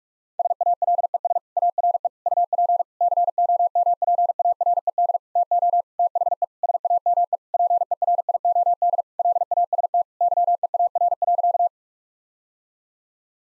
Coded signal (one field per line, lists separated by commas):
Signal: Morse code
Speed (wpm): 46 wpm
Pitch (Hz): 700 Hz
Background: none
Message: SALES ARE UP COMPARED TO THE SAME PERIOD LAST YEAR.